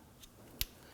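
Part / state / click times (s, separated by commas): wiring harness connector onto vehicle speed sensor / seated / 0.6 s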